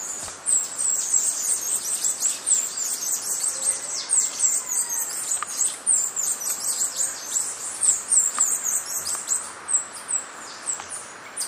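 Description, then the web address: Minute hermit song: a continuous stream of rapid, very high-pitched squeaky chips, almost unbroken, over faint background hiss. "Minute hermit. صدای-پرنده-گوشهگیر-ریزه"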